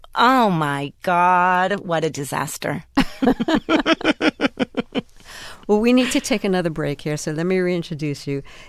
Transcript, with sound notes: Oh, my God. What a disaster.
(LAUGHTER)
Well, we need to take another break here, so let me reintroduce you.